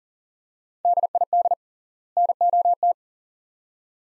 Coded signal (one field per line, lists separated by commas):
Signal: Morse code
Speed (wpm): 40 wpm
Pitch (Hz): 700 Hz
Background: none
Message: DID NOT